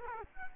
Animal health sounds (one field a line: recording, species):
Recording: mosquito wingbeat signal from an infrared sensor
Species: Culex quinquefasciatus